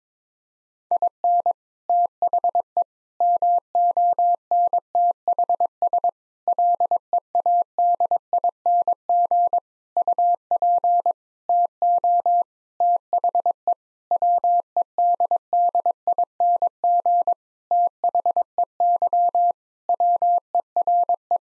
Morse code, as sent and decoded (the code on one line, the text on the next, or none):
.. -. / - .... . / -- --- -. - .... ... / .-.. . .- -.. .. -. --. / ..- .--. / - --- / - .... . / .-- . -.. -.. .. -. --. / - .... . -.-- / .-- . .-. .
IN THE MONTHS LEADING UP TO THE WEDDING THEY WERE